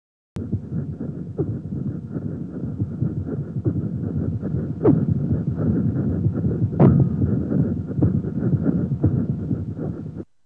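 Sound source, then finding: Heart by stethoscope. Pericardial friction rub.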